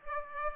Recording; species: mosquito wingbeat signal from an infrared sensor; Aedes aegypti